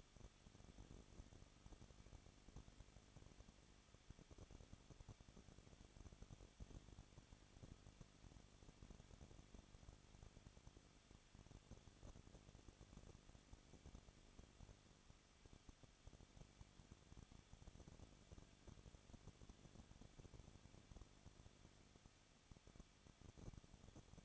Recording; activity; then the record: daily activity, microphone in the room; no activity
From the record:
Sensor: 4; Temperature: 23.1 degrees Celsius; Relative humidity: 34.1%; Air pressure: 1007.2 hPa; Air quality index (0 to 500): 217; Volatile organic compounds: 15 ppm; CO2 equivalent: 2510 ppm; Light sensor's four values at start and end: 2/3/1/1 and 2/3/1/1